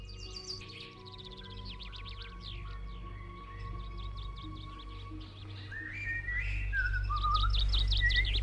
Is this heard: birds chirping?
yes